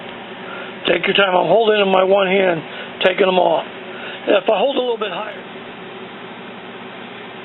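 Refillable ink cartridges from a continuous ink supply system for Epson Expression Premium XP-600 and XP-800 printers are taken off their orange clip and set loosely into the printer carriage, ready to be pushed down. Someone talks over a steady low background hum. Nothing has seated or clicked yet.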